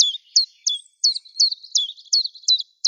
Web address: Phylloscopus collybita